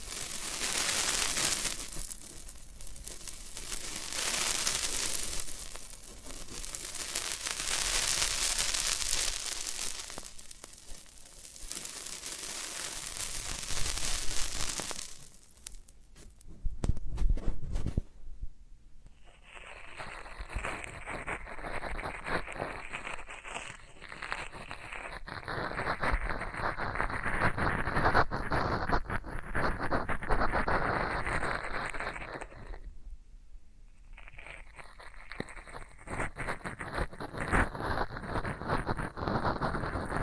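Floral foam being worked and crumbled, with dense crackly crunching that surges in waves through the first fifteen seconds. After a brief pause near sixteen seconds the sound turns finer and scratchier, a steady gritty rasp broken by short gaps around nineteen and thirty-four seconds.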